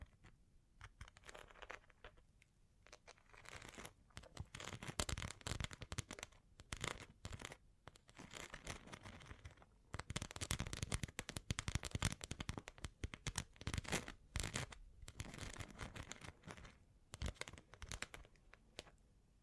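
Bling bling triggers: dense bursts of bright crinkling, tapping and rustling in uneven clusters, pausing briefly every few seconds throughout.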